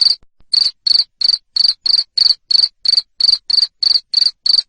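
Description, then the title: Cricket chirping, shrill short pulses repeated about three each second after a quiet start, steady and loud throughout. Loud cricket chirping used to stimulate lovebirds to sing continuously. "Suara JANGKRIK NGERIK Keras Bikin LOVEBIRD Jadi NGEKEK Terus Vubey"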